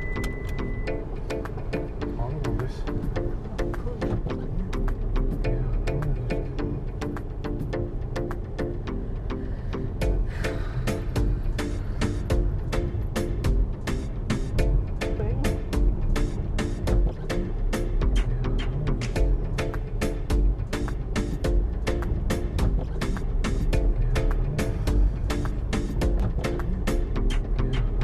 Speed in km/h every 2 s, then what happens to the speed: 18, 16, 19, 21, 24, 32, 37, 39, 39, 37, 34, 32, 32, 32.
0-7 steady at about 18. 7-13 speeds up to 39. 17-21 slows to 32. 21-28 steady at about 32.